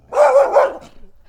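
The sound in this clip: Dog giving one short, hoarse bark that fades into quiet.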